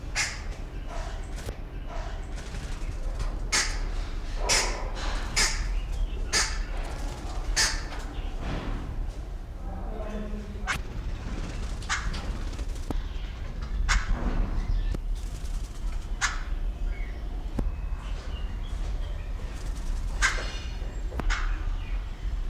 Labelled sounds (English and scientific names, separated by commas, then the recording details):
Brown-breasted Barbet (Lybius melanopterus)
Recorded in captivity
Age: adult
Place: Zoo Berlin, Berlin, DE
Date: 1994-07-02 11:04
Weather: sonnig, 18-24°C
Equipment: Marantz CP 430, Sennheiser ME 80, Kopie Uher Variocord 263
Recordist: Tembrock, Günter